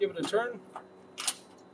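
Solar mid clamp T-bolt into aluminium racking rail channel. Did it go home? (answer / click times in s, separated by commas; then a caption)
yes / 1.3 s. A Fast-Rack spring-loaded solar mid clamp is pressed down, its T-bolt dropped into the slot of an aluminium racking rail channel and turned so it locks in place while someone talks. A brief scraping rush builds at about 1.2 s and ends in a sharp, loud hit at 1.3 s as the T-bolt twists and seats in the rail.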